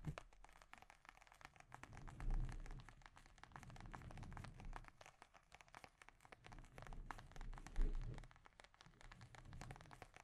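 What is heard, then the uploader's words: Delicate scratching and tapping right on a microphone, a dense stream of tiny crackling clicks running for the whole ten seconds. A soft low rumble swells beneath it, with slightly heavier bumps around two and eight seconds. ASMR Delicate Mic Scratching and Tapping Triggers for Instant Sleep No Talking.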